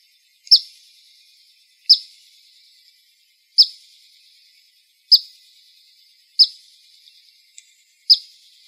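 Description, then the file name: Black phoebe gives sharp, high single chip calls, repeated about every one and a half seconds, six in all, over an otherwise quiet background. Recorded in Arizona. "AZFO BLPH CALLS deviche 020202"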